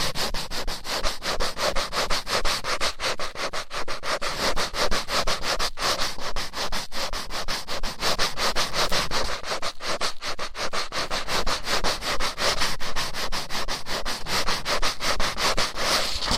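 Rough ear cleaning: a fast, continuous run of scratchy, rubbing strokes with a raspy, breathy texture across the whole sixteen seconds. The scraping pulses come densely and fairly regularly, bright and hissy, with a few brief gaps near four, six and ten seconds.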